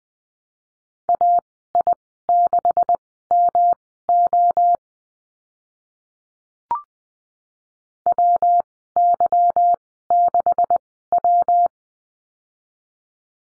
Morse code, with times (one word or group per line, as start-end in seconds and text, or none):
1.1-4.8 AI6MO
8.1-11.7 WY6W